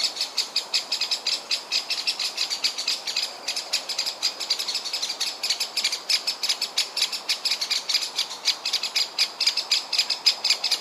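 Eurasian blackbird fuss calls: crisp clicking notes repeated rapidly and evenly for the whole stretch.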